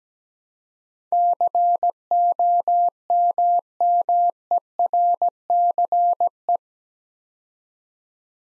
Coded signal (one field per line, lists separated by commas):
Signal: Morse code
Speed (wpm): 17 wpm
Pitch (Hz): 700 Hz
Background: none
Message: COMMERCE